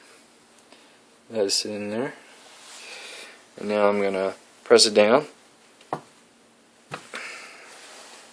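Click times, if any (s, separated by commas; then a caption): 5.9 s. Someone talks, then a calibrated spring-loaded tamper is pressed down onto ground coffee in an espresso portafilter basket. Its spring mechanism gives a sharp click at 5.9 s, when the set tamping force of about 30 lb is reached, confirming the correct pressure.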